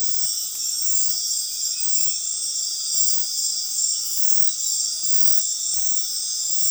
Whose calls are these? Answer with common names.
none